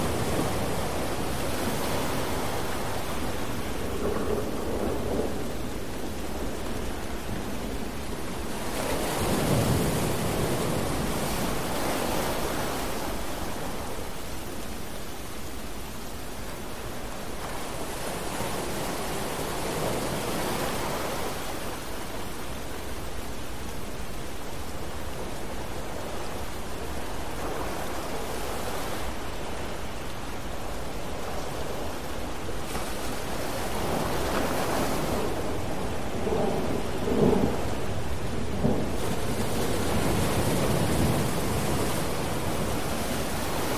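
Steady, dense rain hisses throughout, with a deep rumble underneath. Broad surges swell and fade every few seconds, near 9, 17, 20, 28, 35 and 40 seconds, like waves washing in or thunder rolling, while the overall level stays fairly even.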